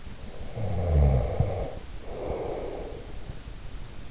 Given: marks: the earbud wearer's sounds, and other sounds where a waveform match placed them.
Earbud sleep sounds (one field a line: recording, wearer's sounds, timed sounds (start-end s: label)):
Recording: sounds in sleep by an in-ear microphone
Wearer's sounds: snoring breath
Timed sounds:
0.44-3.27 s: snoring breath